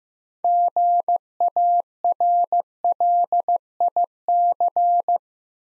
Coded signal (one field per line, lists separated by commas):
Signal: Morse code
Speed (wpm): 15 wpm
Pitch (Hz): 700 Hz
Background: none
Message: GARLIC